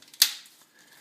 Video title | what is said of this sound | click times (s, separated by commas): How to fit the Uniblade Shower Seal | you'll hear it click all the way | 0.2 s